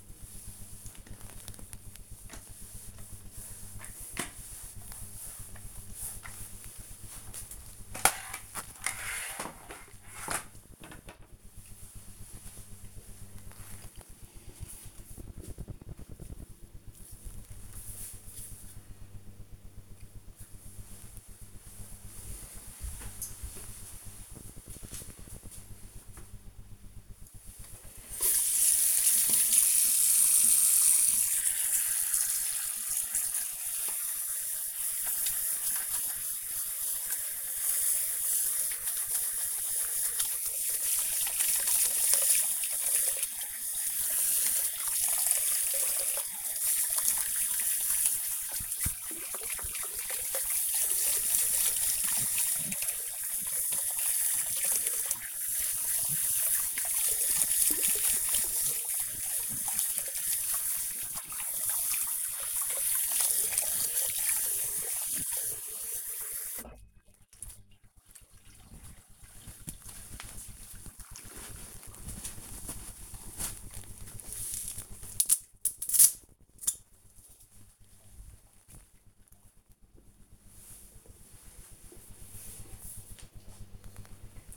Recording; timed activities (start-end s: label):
household activities, microphone on the right wrist
0.00-7.81 s: floor cleaning
26.94-68.25 s: washing hands